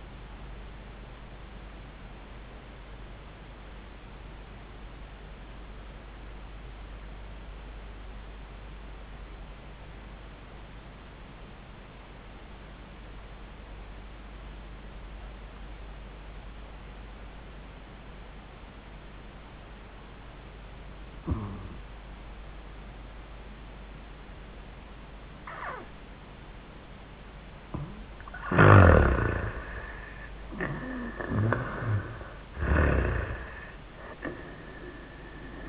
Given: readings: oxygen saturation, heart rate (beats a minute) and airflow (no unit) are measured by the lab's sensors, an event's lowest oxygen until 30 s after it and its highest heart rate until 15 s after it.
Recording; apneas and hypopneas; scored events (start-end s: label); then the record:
breathing in sleep by a voice recorder at the bedside; 1
4.00-26.70 s: obstructive apnea (N1, oxygen 98% highest, then 82% lowest, heart rate 99 at the start, 99 highest)
From the record:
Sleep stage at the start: N1 (lightest sleep); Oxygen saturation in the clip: 79 to 98%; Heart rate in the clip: 81 to 101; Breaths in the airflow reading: 2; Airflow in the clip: -16.4 to 9.4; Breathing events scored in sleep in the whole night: 400 in 8.7 hours asleep